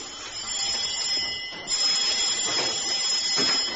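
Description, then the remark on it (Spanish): An electric doorbell rings with a continuous, shrill, buzzing tone, dipping briefly near the middle before carrying on insistently at steady loudness. No one speaks. “Están llamando. Ya lo sé. ¿Y por qué no va a abrir?”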